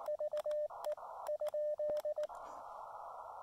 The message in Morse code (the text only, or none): VE ?